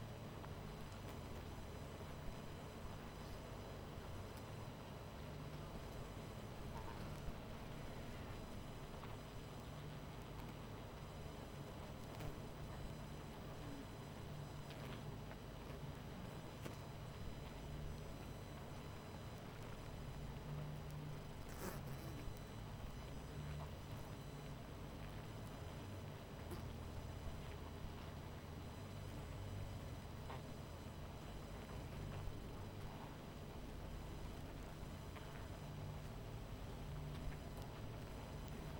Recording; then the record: honeybee colony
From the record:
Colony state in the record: missing queen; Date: 14 July 2017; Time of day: 22:10